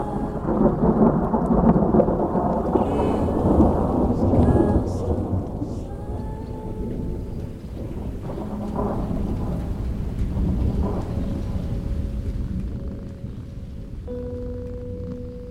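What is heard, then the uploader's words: A long, deep roll of thunder fills the first half, loud and rumbling low before fading after about six seconds. Soft, steady rain continues underneath, and a few thin tonal calls, likely birds, sound near the end. The source recording is the thunderstorm - outside, nearly unchanged by me.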